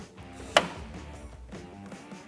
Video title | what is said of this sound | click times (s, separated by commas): 2020-2021 Jeep Gladiator Install - LED Smoked Lens Taillight Assembly | and it'll clip right in like so | 0.6 s